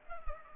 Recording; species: mosquito wingbeat signal from an infrared sensor; Culex pipiens